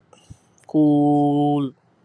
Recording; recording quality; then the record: sustained vowel as in boot; excellent, no background noise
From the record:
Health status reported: healthy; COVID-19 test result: negative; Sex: male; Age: 30 years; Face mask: not worn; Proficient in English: yes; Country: India